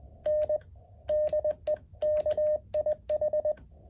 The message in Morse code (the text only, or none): N DE KIH